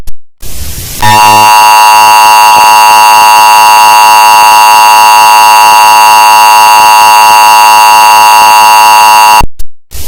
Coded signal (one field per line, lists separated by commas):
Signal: Emergency Alert System (SAME) tones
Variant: 853 and 960 Hz attention tone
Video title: Your Mom EAS